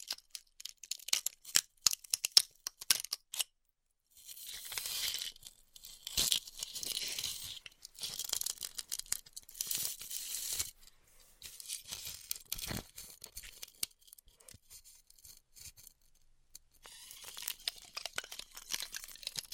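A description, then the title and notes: Styrofoam being heat cut, heard as dry, crackly tearing and crinkling. A burst of sharp snaps and clicks fills the first few seconds. After a brief silence, longer hissing, rasping passes follow in uneven waves, with scattered crisp pops throughout. ASMR Styrofoam Heat Cutting (No Talking).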